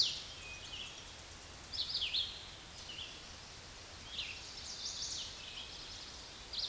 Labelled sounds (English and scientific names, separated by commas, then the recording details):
Red-eyed Vireo (Vireo olivaceus) song
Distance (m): 25 m
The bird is about 20 m above the microphone
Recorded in a Pennsylvania forest on 16 May 2024 at 07:17
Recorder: AudioMoth, point MSD-2258
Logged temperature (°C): 15.2 °C
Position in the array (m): 167 m, 70 m